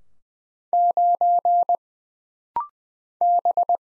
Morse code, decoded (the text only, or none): 9 B